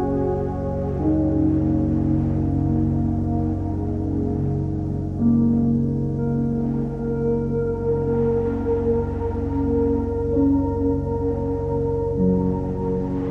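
Soft ambient music with steady, sustained low tones and drones layered over a faint wind-like hiss, swelling slightly around five seconds.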